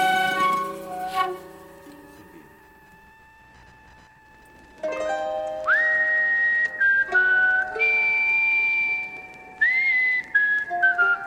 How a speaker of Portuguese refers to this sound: Esse assobio aí que eu tô fazendo é o assobio de ventrilo, que o pessoal costuma falar.